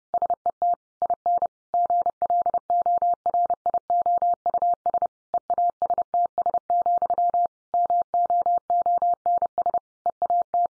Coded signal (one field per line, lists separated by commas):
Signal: Morse code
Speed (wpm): 30 wpm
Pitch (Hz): 700 Hz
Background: none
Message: SET IN GLORIOUS EASTS, MOONS EAT